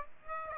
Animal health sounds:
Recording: mosquito wingbeat signal from an infrared sensor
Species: Aedes aegypti

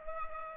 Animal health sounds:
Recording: mosquito wingbeat signal from an infrared sensor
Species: Culex pipiens

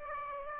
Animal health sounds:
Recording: mosquito wingbeat signal from an infrared sensor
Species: Aedes aegypti

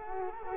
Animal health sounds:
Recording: mosquito wingbeat signal from an infrared sensor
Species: Culex quinquefasciatus

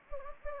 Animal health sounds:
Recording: mosquito wingbeat signal from an infrared sensor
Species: Anopheles gambiae

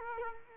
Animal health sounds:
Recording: mosquito wingbeat signal from an infrared sensor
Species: Culex quinquefasciatus

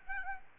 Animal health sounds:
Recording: mosquito wingbeat signal from an infrared sensor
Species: Aedes albopictus

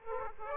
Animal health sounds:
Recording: mosquito wingbeat signal from an infrared sensor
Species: Aedes aegypti

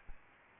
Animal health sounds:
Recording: mosquito wingbeat signal from an infrared sensor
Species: Aedes albopictus

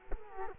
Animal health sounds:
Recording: mosquito wingbeat signal from an infrared sensor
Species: Culex quinquefasciatus

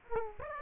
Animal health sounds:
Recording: mosquito wingbeat signal from an infrared sensor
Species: Aedes aegypti

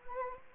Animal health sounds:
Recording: mosquito wingbeat signal from an infrared sensor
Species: Anopheles arabiensis

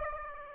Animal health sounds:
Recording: mosquito wingbeat signal from an infrared sensor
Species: Aedes aegypti

